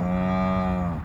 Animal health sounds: contact call of a hoofed animal; cattle; low-frequency (closed-mouth) or high-frequency (open-mouth) call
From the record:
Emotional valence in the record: negative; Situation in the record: full separation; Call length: 1.04 s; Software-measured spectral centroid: 1270 Hz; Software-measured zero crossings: 930 a second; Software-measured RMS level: -24 dBFS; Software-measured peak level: -13 dBFS

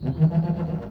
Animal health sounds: contact call of a hoofed animal; goat; low-frequency (closed-mouth) or high-frequency (open-mouth) call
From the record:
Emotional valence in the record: negative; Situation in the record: food frustration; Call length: 0.92 s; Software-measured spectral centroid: 830 Hz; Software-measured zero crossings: 510 a second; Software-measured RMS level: -23 dBFS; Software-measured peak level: -10 dBFS

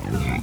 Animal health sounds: contact call of a hoofed animal; wild boar; grunt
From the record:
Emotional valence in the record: negative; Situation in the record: naturally occurring agonistic interactions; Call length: 0.42 s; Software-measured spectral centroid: 2780 Hz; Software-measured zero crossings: 1540 a second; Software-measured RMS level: -24 dBFS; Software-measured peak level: -13 dBFS

